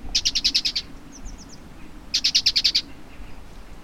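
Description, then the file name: Great tit call, two bursts of rapid high chattering notes, several per burst, with a few faint thin notes between them. "Parus major"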